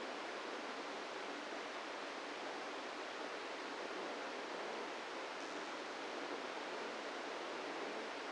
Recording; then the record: brain microelectrode recording played as sound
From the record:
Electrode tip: inside the subthalamic nucleus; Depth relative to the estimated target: -1 mm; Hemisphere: right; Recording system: NeuroSet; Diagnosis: Parkinson's disease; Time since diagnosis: 17 years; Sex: male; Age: 64 years